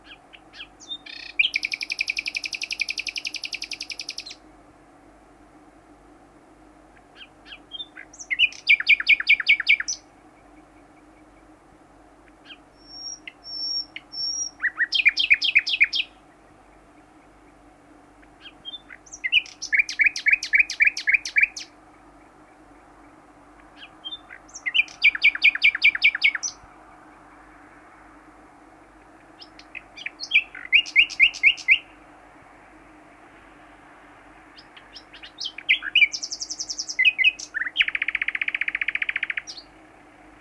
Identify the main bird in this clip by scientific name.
Luscinia megarhynchos